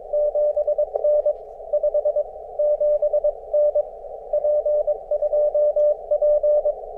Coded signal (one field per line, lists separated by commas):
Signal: Morse code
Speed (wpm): 22 wpm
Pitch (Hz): 600 Hz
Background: none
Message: 7N 57N P2P